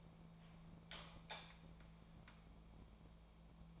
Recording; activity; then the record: daily activity, microphone in the room; light on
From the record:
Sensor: 1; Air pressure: 1000.0 hPa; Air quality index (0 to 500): 130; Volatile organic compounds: 2 ppm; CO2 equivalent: 1227 ppm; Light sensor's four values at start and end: 32/81/34/41 and 36/86/36/43